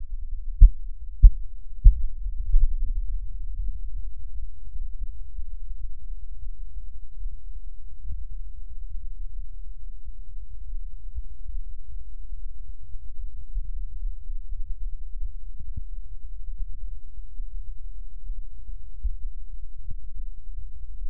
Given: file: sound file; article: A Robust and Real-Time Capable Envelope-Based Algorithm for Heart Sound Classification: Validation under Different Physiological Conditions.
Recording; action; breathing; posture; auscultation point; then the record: heart sounds by electronic stethoscope; rest; normal; sitting; left side of the back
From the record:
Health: healthy, no known heart disease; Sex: male